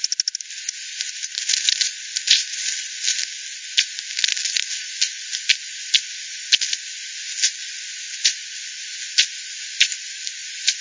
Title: WW bat 20201007 T 18 : 10 Z-Hogsmill-Lane-Hogsmill-River-multiple-bats-FD 10